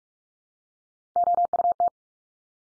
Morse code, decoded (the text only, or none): OUT